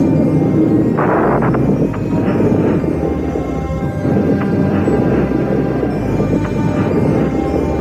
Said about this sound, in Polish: 4, 3, 2, 1, start. To już 25. misja amerykańskiego promu kosmicznego. Wahadłowiec wystartował. Challenger idzie w górę. Pełna moc silników.